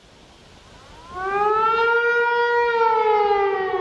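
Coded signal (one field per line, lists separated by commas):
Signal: siren signal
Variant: Hörmann HLS 273 siren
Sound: siren winds up to a loud steady wail, pitch beginning to fall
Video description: Signal: Rising and falling tone Duration: 1 min. Meaning: Acute danger from air attacks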